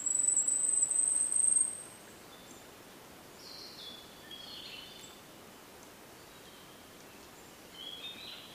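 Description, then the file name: Asian stubtail giving a very high, thin buzzing note that lasts nearly two seconds and then stops, followed by a few faint, fainter sounds. "yabu"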